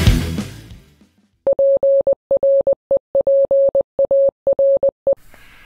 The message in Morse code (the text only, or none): PREPARE